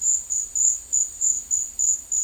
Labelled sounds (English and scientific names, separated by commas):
none